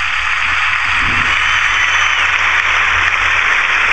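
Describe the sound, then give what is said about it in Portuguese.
Dense, steady applause from many people outside, a flash mob of clapping, a continuous hiss-like wash of clapping with no individual claps standing out, holding at an even level for the whole stretch with no talking. “Uma flash mob de palmas.”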